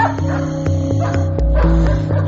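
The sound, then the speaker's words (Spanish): A dog barks out of a window repeatedly in short, loud bursts, the barks overlapping a steady sustained tonal hum that runs underneath throughout. “ladra por la ventana.”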